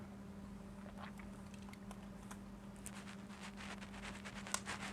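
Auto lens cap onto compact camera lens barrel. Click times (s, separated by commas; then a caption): 4.5 s. A removable plastic auto lens cap is pushed back onto the front of the lens barrel of a Panasonic LX100 compact camera, with soft handling taps and rustles over a steady low hum. It snaps into place with a sharp click at 4.5 s and sits nice and secure.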